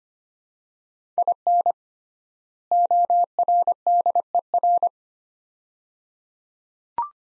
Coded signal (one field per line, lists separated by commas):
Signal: Morse code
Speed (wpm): 25 wpm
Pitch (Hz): 700 Hz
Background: none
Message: IN ORDER